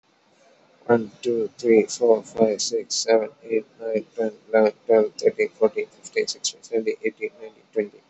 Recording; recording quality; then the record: counting at a fast pace; excellent, no background noise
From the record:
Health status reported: COVID-19 positive, moderate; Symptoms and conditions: cough, cold, breathing difficulty, sore throat, fever, loss of smell and taste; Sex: male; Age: 23 years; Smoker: not ticked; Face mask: not worn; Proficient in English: yes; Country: India